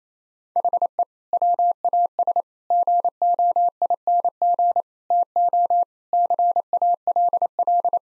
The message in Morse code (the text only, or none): HE WAS GOING TO CALL